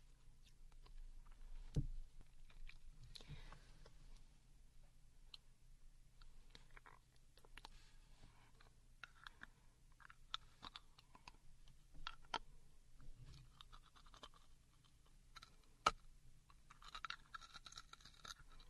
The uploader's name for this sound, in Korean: 사탕 먹는 여친